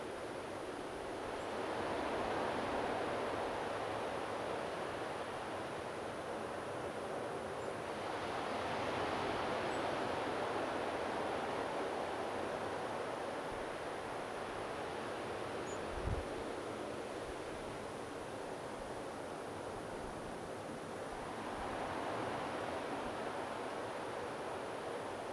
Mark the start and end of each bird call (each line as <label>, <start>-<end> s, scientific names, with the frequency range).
Erithacus rubecula (7.3-7.9 kHz), 1.39-1.46 s
Erithacus rubecula (6.9-7.4 kHz), 7.59-7.67 s
Erithacus rubecula (7.7-8.1 kHz), 9.70-9.80 s
Erithacus rubecula (6.1-7.3 kHz), 15.66-15.78 s